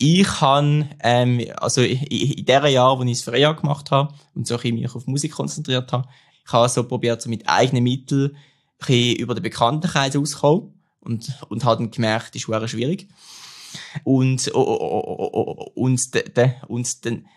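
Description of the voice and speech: An adult man speaks German at a moderate pitch in a quiet room, with stretched sounds at the start of words, repeated 'und' and syllable repetitions, and tense stops near the end. These are stuttering disfluencies: prolongations, part-word repetitions and blocks. He stutters when speaking, though he can sing fluently.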